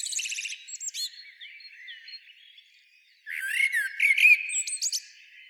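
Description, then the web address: Common blackbird song: a burst of high squeaky twittering that fades, a short quiet gap, then a low warbled phrase ending in thin high twitters. "SETE data Turdus merula"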